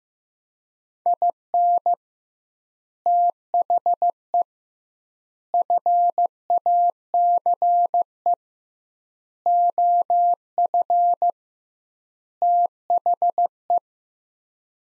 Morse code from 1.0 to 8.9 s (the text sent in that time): IN THE FACE